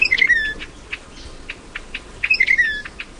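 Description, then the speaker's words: White-bellied wren song: bright whistled phrases sliding downward, interspersed with short clipped notes, the phrase given twice within a few seconds. Brisk musical song reveals the secretive bird as it skulks through tropical underbrush; found in Mexico, Guatemala and Belize. "The white-bellied wren is tough to get a look at, but its brisk musical song reveals its presence as it skulks through the tropical underbrush."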